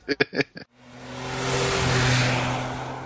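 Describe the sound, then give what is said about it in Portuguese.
A few short voiced bursts, then a car engine swells into a loud, steady roar with a droning hum that climbs slightly in pitch as it accelerates. “Com o pé está acelerando.”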